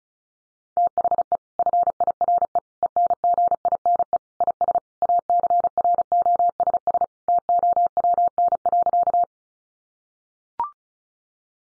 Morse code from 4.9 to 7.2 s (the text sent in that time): ACROSS